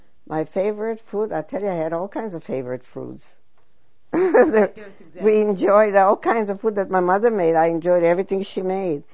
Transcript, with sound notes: My favorite food, I tell you, I had all kinds of favorite foods. ( she laughs ) We enjoyed all kinds of food that my mother made. I enjoyed everything she made.